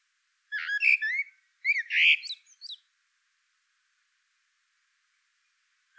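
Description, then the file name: Common blackbird song: two quick warbled phrases of rich whistles, the second finishing in high squeaky notes, then silence. "Turdus merula"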